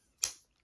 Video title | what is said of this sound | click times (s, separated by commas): Rare French penknife Le Coujou review | And as you can hear, the snap is very strong. | 0.2 s